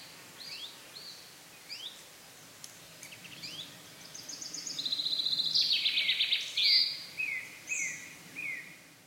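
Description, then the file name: Common chaffinch with a few sharp downslurred notes, then a rattling trill that grows louder into an emphatic flourish, followed by scattered short notes. "Fringilla coelebs"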